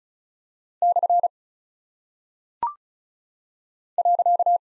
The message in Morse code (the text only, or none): / .